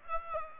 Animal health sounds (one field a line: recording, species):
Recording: mosquito wingbeat signal from an infrared sensor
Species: Aedes aegypti